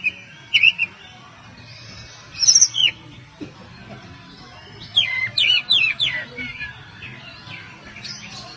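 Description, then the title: Oriental magpie-robin song: short bursts of bright whistled, slurred notes at about 0.6, 2.5 and 5–6 seconds, separated by quiet gaps over a faint low hum. "Kacer"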